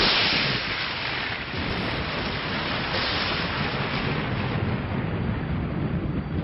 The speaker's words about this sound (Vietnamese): Ngoài tòa cổ lũy hoàng phế, mưa đã ngớt từ lâu, song tiếng sấm trầm đục vẫn vang lên đùng đùng như chưa từng dứt.